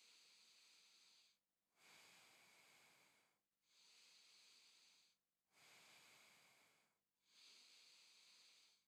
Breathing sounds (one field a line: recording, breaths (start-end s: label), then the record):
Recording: nose breathing near a microphone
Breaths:
0.00-1.52 s: inhalation
1.52-3.52 s: exhalation
3.52-5.27 s: inhalation
5.27-7.07 s: exhalation
7.07-8.88 s: inhalation
From the record:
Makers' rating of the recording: medium